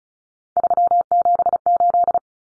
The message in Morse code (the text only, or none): 378